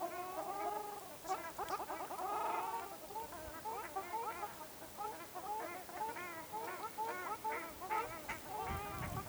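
Ruddy shelduck flock giving nasal, honking calls, many overlapping, some rising and falling, in a steady chorus with no pause.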